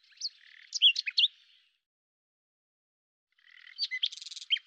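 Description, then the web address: Common nightingale singing two varied phrases of chirps and slurred whistles separated by a gap of nearly two seconds, the second including a buzzy rattle. "cianscape birddata Deverinetal 2025 Bird Lu Me"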